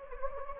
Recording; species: mosquito wingbeat signal from an infrared sensor; Anopheles gambiae